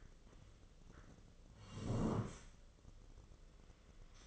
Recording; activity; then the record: daily activity, microphone in the room; sit down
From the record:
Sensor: 4